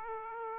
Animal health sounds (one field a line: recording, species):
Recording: mosquito wingbeat signal from an infrared sensor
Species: Aedes aegypti